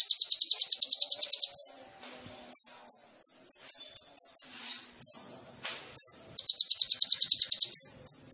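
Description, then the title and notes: Sunbird song opening with a fast high trill, then spaced sharp chips and brief notes, and a second fast trill near the end. Indonesian masteran training recording for songbirds; bird in full song (gacor), with full fills (isian) and showy bursts (tembakan), described as suitable as a lure (pancingan). "MASTERAN KOLIBRI NINJA TERBAIK FULL ISIAN DAN TEMBAKAN MEWAH COCOK BUAT PANCINGAN. Suara Burung Kolibri Ninja Gacor"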